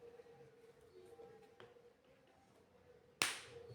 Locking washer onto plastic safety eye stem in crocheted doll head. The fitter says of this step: E agora é só apertar até encaixar até o final, tá, gente, ó?